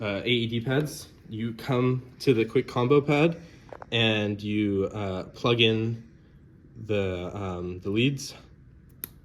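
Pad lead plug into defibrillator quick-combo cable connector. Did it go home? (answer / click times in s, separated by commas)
yes / 9.0 s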